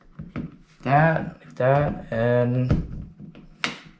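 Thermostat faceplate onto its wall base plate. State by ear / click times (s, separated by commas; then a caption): seated / 3.6 s. A plastic Honeywell smart thermostat faceplate is pressed onto its wall-mounted base plate so its three slots fit over the grippers, while someone talks. A few faint taps come early, then a sharp snap at 3.6 s as the faceplate seats onto the wall plate.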